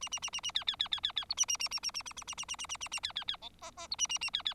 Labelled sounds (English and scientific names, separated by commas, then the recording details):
Bengalese Finch (Lonchura striata domestica) song
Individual Bird4